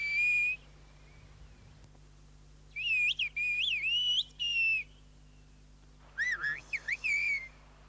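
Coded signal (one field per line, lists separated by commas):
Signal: whistled language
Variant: Aas whistled Gascon (Béarnais)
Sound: loud gliding whistled phrases rising and falling, three bursts with short gaps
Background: low electrical hum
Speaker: marguerite laborde et joseph carrère est avec eux disparaîtra la civilisation des siffleurs das s'héberger d'un village des pyrénées qui avait inventé ou maintenus jusqu'à nos jours un langage sifflé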